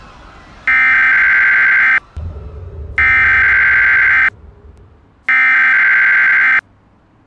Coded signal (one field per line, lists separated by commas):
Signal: Emergency Alert System (SAME) tones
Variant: header bursts